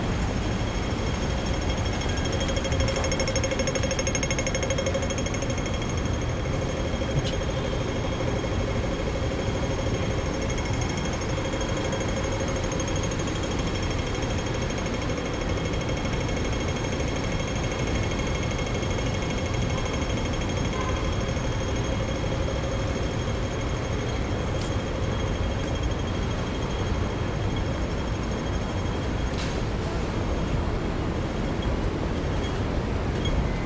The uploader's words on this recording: This is how it sounds when you find yourself on Queens Road Central, Hong Kong.